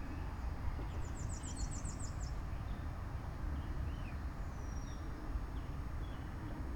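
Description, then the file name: Birds chirping: one fast, high trill of rapid notes near the start, then a thin whistle and soft chirps, over continuous low rumbling. Recorded outside. "Birds Chirping outside Krucifix Productions"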